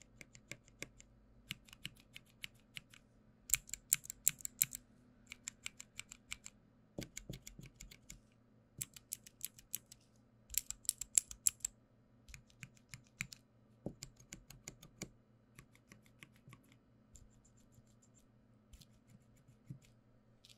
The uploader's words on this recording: 按鍵與開關觸發. Switches and Other Clicky Sounds. NoTalking.